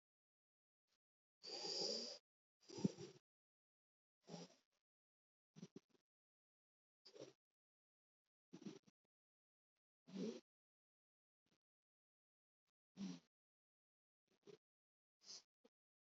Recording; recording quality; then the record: deep breathing; excellent, no background noise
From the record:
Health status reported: COVID-19 positive, mild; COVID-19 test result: positive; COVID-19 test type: RT-PCR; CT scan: not taken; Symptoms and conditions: cold, sore throat, muscle pain, hypertension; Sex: female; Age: 52 years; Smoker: no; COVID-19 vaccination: both doses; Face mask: not worn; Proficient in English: yes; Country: India